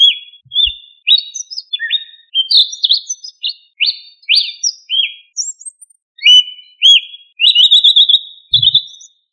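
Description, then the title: Thrush song: varied clear whistled phrases, short and slurred, rising and falling, given in steady succession with brief pauses. "Familia Turdidae - Sabia"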